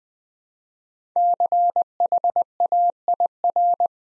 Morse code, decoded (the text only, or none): CHAIR